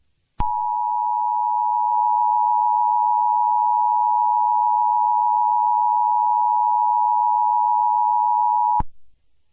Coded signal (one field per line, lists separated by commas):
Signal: Emergency Alert System (SAME) tones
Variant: 853 and 960 Hz attention tone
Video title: EAS Scenario - Super Why!